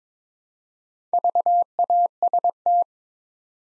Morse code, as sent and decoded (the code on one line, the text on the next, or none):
...- .- ... -
VAST